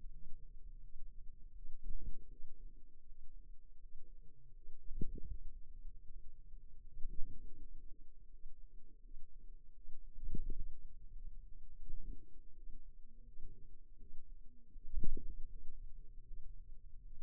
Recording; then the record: forearm muscle sounds (acoustic myography)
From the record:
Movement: ulnar deviation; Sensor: system 2, bracelet of six BSWA MPA416 microphones around the upper forearm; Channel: 2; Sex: female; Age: 23 years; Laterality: right